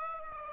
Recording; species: mosquito wingbeat signal from an infrared sensor; Aedes aegypti